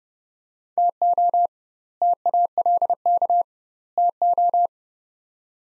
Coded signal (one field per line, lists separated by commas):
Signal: Morse code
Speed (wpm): 30 wpm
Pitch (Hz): 700 Hz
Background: none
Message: TO TALK TO